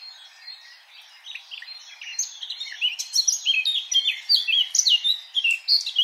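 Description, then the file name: Eurasian blackcap song, quiet twittering that grows into loud, quick, varied whistles and chirps over the second half. "Sylvia atricapilla"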